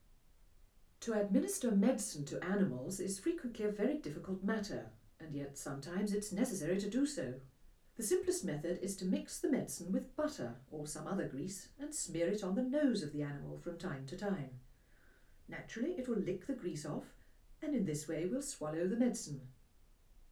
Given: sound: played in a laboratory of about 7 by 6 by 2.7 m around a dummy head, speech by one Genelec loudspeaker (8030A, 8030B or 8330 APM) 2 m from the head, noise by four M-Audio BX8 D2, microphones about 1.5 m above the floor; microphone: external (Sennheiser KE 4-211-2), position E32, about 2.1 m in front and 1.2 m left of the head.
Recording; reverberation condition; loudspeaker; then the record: female speech in English; low; 120 degrees to the left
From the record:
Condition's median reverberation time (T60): about 310 ms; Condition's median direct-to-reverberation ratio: about 3.5 dB